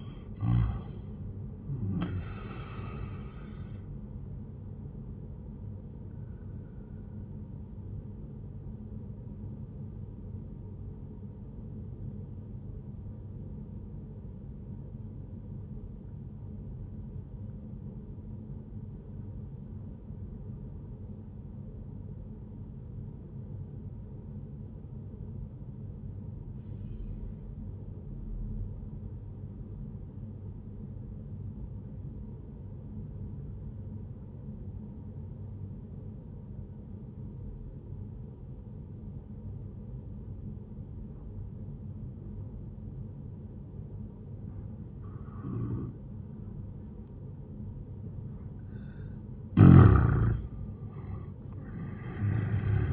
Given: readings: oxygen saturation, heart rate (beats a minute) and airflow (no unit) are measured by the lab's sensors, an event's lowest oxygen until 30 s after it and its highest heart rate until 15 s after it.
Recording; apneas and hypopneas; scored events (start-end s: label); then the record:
breathing in sleep by a smartphone at the bedside; 1
11.00-47.50 s: obstructive apnea (N1, oxygen 97% highest, then 84% lowest, heart rate 77 at the start, 88 highest)
30.00-52.93 s: new sleep stage, N2 (light sleep)
From the record:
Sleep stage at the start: N1 (lightest sleep); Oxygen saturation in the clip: 83 to 97%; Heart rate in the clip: 71 to 86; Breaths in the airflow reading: 3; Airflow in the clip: -10.0 to 16.0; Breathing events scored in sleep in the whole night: 131 in 7.2 hours asleep